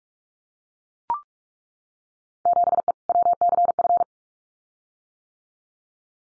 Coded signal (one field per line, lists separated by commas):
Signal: Morse code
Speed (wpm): 44 wpm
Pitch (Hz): 700 Hz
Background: none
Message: 7E WCF